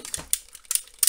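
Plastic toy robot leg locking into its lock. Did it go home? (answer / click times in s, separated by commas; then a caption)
yes / 0.3 s, 1.0 s. A plastic leg piece of a toy robot is pushed into position during its transformation until the leg lock engages. Sharp plastic clicks are heard, with the lock clicking into place at 0.3 s and again at 1.0 s. The leg is seated and holds well.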